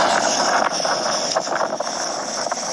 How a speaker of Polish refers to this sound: Jak płynął promem do Dover, to nakręcił telefonem kawałeczek kanału. No ten dźwięk, który ten kanał z siebie wydaje.